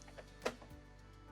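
The lock slider bar on a Lenovo laptop docking station is slid in until it stops, after the laptop has been clicked onto the dock. A sharp latching click is heard at 0.5 s, with a faint tick just before and low background hum. The slider latches and locks in place.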